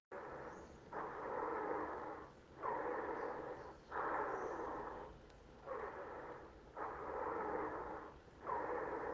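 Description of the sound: Lung sounds heard by stethoscope: wheezes, whistle- or whisper-like sounds produced as air flows rapidly through obstructed airways, heard over repeated breaths. Wheezes may be present in asthma, especially during an attack, in emphysema and in airway obstruction.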